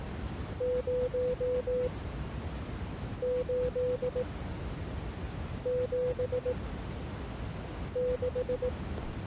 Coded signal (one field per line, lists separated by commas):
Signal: Morse code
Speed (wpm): 18 wpm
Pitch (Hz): 500 Hz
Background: none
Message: 0 8 7 6